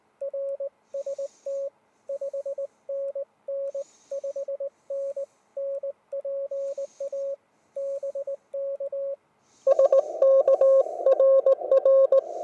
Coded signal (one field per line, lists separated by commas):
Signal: Morse code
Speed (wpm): 19 wpm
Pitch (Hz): 550 Hz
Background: radio noise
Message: RST 5NN 5NN PA BK SK RR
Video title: Low-Cost Ham Vertical Antenna For Home and Portable Use